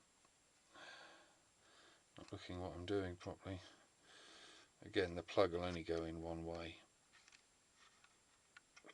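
A small plastic wiring plug is fiddled into line with the keyed circuit board connector of an Icom IC-718 transceiver during a tuning dial repair; the connector fits only one way. Someone talks over faint handling, then small, quiet taps come between about 7.3 and 8.8 seconds. The plug has not yet been pushed home, and nothing has seated or clicked.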